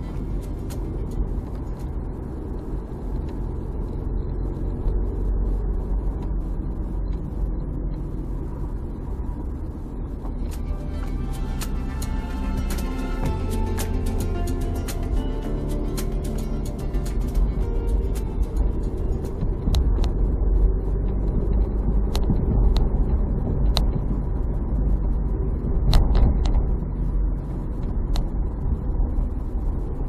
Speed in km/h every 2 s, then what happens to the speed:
31, 31, 33, 33, 31, 27, 25, 26, 28, 30, 34, 37, 33, 32, 30.
0-6 steady at about 31. 6-13 slows to 25. 13-23 speeds up to 37. 23-30 slows to 30.